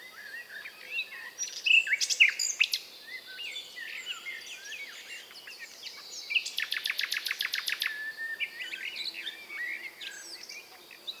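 Common nightingale song with chirps, whistles and a quick rattling run of repeated notes.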